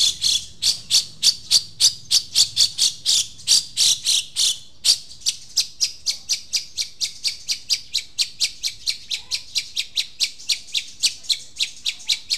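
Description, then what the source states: Long-tailed shrike song: a long, rapid-fire string of harsh, buzzy notes at about four per second, keeping a steady pace. Long-tailed shrike, known locally as cendet, singing in the song style called "super tembak".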